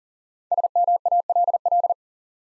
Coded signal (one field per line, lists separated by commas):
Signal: Morse code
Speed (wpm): 37 wpm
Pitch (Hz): 700 Hz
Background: none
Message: SMALL